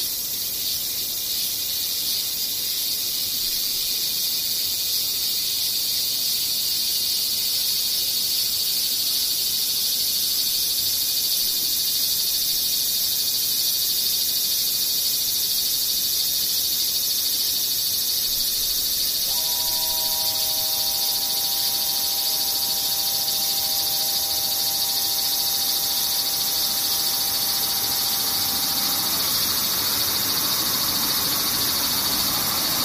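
Cicadas drone in a steady, dense high buzz throughout, while a clear sustained tone with overtones sounds from about 19 to 29 seconds.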